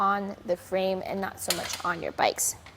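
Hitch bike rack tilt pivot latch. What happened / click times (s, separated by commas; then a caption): The rack is being handled but has not latched yet; no seating click / none. Someone talks while a tilted RockyMounts GuideRail 2-bike hitch rack on a 2022 Mazda CX-9, loaded with bikes, is lifted by its frame rather than the bikes back toward its upright position. Faint metallic clinks sound under the speech, but the tilt pivot latch has not clicked into place yet.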